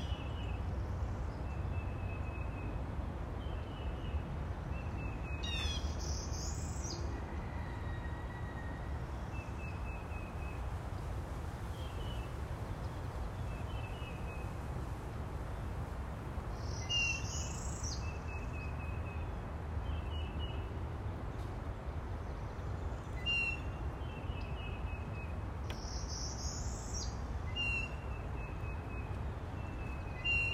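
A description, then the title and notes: A steady low airplane rumble fills the backyard while crisp bird chirps repeat regularly, with brighter bursts around six, seventeen and twenty-five seconds. Backyard noises # 3 ( no wind sounds ) beautiful crisp bird chirps, airplane flying above.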